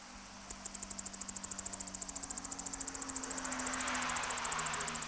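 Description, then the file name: Cicada song begins with a click and becomes an even run of quick, high ticking pulses that grows slightly louder, with low hum underneath. "Tettigeta argentata"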